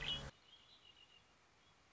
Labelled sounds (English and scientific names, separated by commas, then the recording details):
Red-winged Blackbird (Agelaius phoeniceus)
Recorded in Sonoma County, California